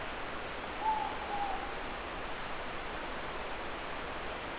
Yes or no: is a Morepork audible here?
yes